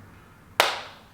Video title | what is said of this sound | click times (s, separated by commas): how to get fuller and thicker hair - I tried a pod-based hair device - LADUORA review - Chris Han | okay you hear the click sound it's installed in place it's ready for use and | 0.6 s